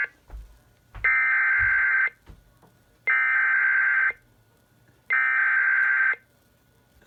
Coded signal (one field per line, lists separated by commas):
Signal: Emergency Alert System (SAME) tones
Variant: header bursts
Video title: TX SVR (5/30/21) EAS 259